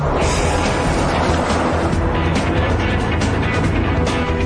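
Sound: car driving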